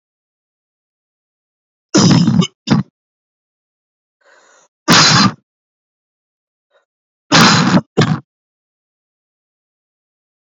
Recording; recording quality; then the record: heavy voluntary cough; excellent, no background noise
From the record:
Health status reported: COVID-19 positive, mild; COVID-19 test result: positive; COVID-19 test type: RT-PCR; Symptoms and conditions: cough, cold, sore throat, muscle pain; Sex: male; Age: 28 years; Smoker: yes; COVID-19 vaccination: both doses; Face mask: worn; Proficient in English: yes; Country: India